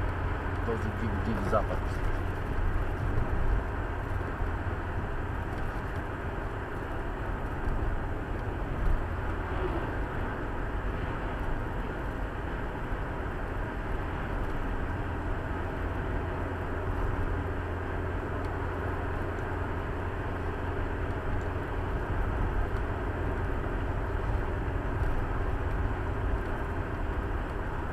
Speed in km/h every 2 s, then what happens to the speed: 81, 81, 79, 78, 75, 78, 79, 81, 82, 81, 82, 81, 81, 80.
0-7 steady at about 79. 16-28 steady at about 81.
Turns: none.